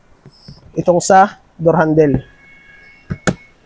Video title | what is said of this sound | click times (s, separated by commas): Ford Ranger - 9" android stereo with 360° camera installation ( part2 ) | O 'di ba? Nag-lock na din. | 3.3 s